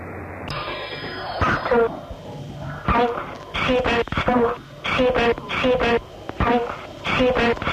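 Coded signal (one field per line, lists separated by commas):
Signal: numbers station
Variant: Swedish Rhapsody, German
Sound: short evenly spaced spoken syllables, like numbers read aloud, over a faint tone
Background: radio static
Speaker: O le ala lea na fa'alogoina ai se fa'aaliga Siamani i lena taimi, ua ta'ua o le Swedish Rhapsody.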